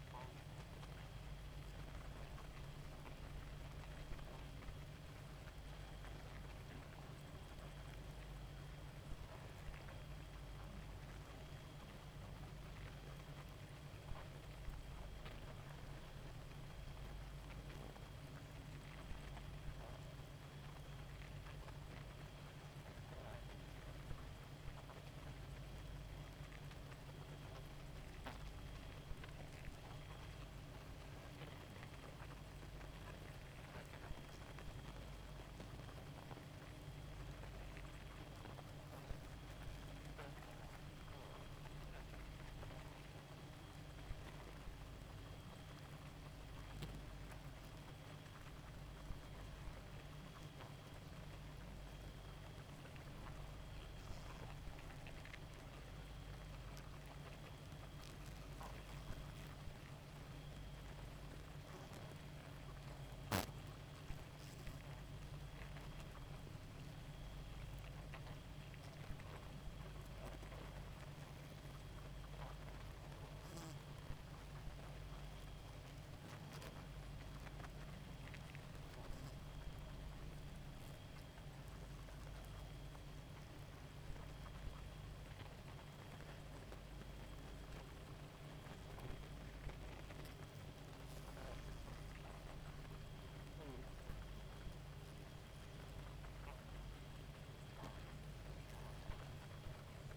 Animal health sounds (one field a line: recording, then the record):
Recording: honeybee colony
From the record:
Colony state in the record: active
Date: 28 July 2017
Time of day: 0:47